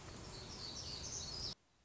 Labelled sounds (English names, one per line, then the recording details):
Black-throated Gray Warbler
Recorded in Sonoma County, California